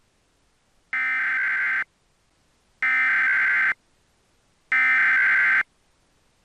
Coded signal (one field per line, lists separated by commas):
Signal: Emergency Alert System (SAME) tones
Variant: header bursts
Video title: EAS Scenario - The Blob